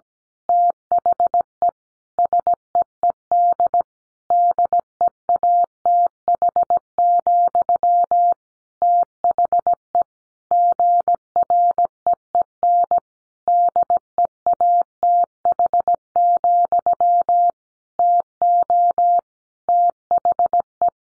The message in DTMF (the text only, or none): none